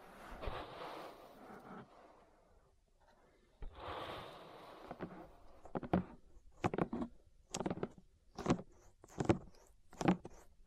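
Ear massage sounds: two soft, rustling rubs near the start and around the four-second mark, separated by near silence. From about six seconds on, a steady run of short, sharp brushing strokes follows, roughly one each second, with quiet gaps between them.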